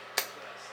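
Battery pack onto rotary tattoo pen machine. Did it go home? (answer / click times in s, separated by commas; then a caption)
yes / 0.2 s. A magnetic battery pack is attached to a rotary tattoo pen machine, producing a single sharp click at 0.2 s over a quiet background. The battery seats onto the pen with an audible click.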